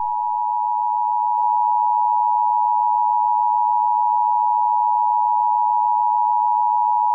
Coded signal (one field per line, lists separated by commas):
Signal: Emergency Alert System (SAME) tones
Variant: 853 and 960 Hz attention tone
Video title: Eas Scenario #3: Alien Attack (look in desc.)